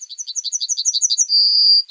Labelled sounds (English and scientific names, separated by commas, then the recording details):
Yellowhammer (Emberiza citrinella) song
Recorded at under 5 m from the bird
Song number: 122